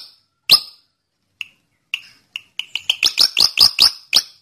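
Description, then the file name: Hair-crested drongo song: one sharp note, a few isolated chips, then an accelerating series of loud, clipped metallic notes. "Suara burung awar awar aka srigunting jambul"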